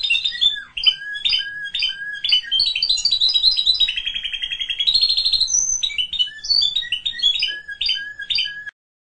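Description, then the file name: Canary song, loud and continuous, with varied whistled notes, a buzzy sustained trill in the middle, and a high pure whistle before quick repeated phrases. "Canary Voice"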